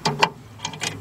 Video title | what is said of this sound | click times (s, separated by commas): ⭐ 2010 BMW 528i - Halo Bulb - Angel Eyes Bulb - Right Side Parking Light Bulb | take this turn it counterclockwise just a little bit just like that till it snaps | 0.2 s